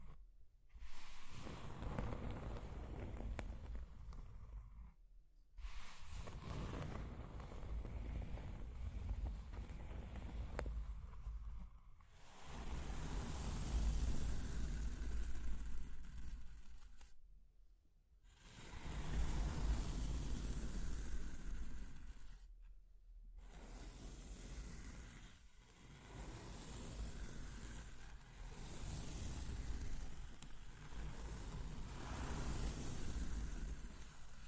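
Scratching and tracing sounds come in long rough strokes, each lasting several seconds, separated by short silent breaks near 1, 5, 12, 17, 23 and 25 seconds. The scraping is dense and gritty, with a heavy low rumble beneath it and a hissy top.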